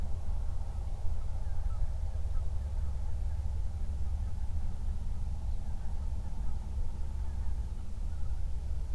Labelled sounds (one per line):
waterfowl
wind
man-made sound